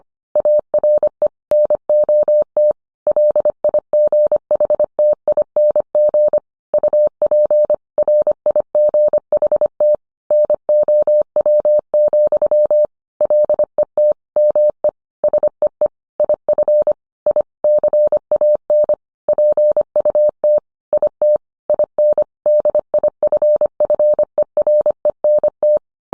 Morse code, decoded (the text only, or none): ARE NOT LIGHTING UP RIGHT NOW, LET ME SEE IF I CAN PUT IT IN DIFFERENT